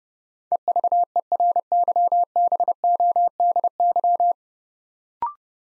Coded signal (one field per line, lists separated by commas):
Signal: Morse code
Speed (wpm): 28 wpm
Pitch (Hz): 700 Hz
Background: none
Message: EVERYBODY